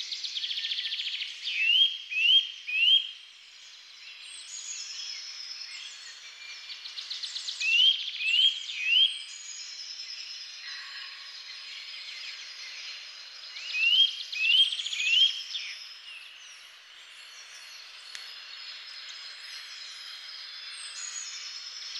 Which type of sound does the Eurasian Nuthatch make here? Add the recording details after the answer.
song. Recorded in the wild. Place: Waltershofen / Freiburg im Breisgau, Baden-Württemberg, DE. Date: 2008-04-13. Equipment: MiniDisc Sharp MT 20 H. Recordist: Schwarz, Dieter. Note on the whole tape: Song